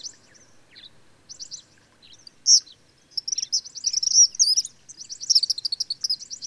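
Bird song: soft scattered chips at first, then a loud sharp note and a long, fast, high warbling and trilling stretch that carries on to the end.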